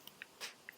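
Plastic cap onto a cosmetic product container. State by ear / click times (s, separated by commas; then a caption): seated / 0.7 s. A redesigned plastic cap is snapped onto the plastic packaging of a new ColourPop cosmetic product from the Flirty Talk Valentine's collection. Two light plastic ticks at about 0.1 s and 0.2 s and a soft brushing rustle around 0.4–0.5 s come before a short, sharp click at 0.7 s. The cap clicks shut and seats firmly.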